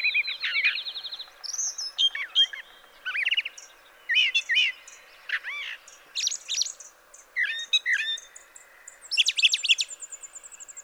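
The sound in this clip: Brown thrasher song: a run of varied, sharp whistled and chirping phrases with short pauses between bursts.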